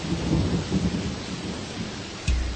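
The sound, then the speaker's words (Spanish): Steady, hissing rain pours down in a desert while low thunder rumbles throughout, with a sharper crack and deep boom near the end. No one speaks. “Estaba perdido en el desierto y la lluvia podría dañar el celular.”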